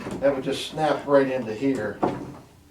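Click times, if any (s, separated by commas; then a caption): none. A wood extension jamb trim piece is handled against a window frame while someone talks, with a short knock near 2.0 seconds. The piece is meant to snap onto the frame, but it has not seated or clicked yet.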